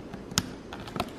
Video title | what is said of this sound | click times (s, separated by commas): BMW Speaker Upgrade! EASY DIY INSTALL! BAVSOUND REVIEW | that will also make a satisfying click so | 0.4 s